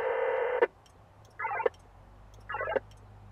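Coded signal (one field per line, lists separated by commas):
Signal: HF data modem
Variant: VARA FM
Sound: harsh buzzy data burst, pause, then two short chirpy data bursts answering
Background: radio static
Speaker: it did send the traffic out first before it lets me uh take the incoming messages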